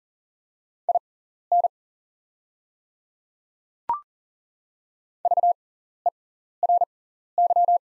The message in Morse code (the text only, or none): IN VERY